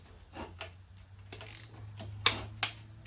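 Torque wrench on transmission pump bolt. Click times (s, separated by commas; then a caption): 2.3 s, 2.6 s. A click-type torque wrench set to 24 lb tightens the next pump bolt on a 4L60E transmission pump, with soft ratcheting strokes over a steady low hum. The wrench gives two sharp clicks at 2.3 s and 2.6 s, showing the bolt has reached the set torque.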